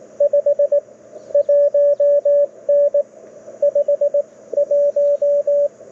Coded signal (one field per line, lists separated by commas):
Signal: Morse code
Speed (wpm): 21 wpm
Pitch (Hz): 590 Hz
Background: radio noise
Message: 51N 51